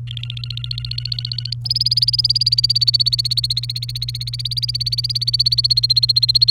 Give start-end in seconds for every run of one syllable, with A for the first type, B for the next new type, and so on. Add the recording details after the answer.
0.07-1.53 A, 1.64-6.51 B. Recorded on 29 April 2018 at 16:00. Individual llb3